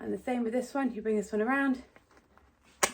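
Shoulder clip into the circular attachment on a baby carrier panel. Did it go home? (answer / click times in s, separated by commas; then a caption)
yes / 2.8 s. Someone talks while bringing the second shoulder clip of a Nuna Cudl Clik baby carrier around and pressing it onto the circular fastener on the carrier panel. After the talking stops, a few faint soft sounds follow. Then a sharp, loud snap at 2.8 s marks the clip seating into place.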